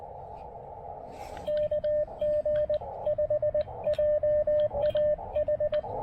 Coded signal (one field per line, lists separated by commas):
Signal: Morse code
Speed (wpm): 20 wpm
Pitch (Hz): 590 Hz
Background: radio noise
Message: KG5JAH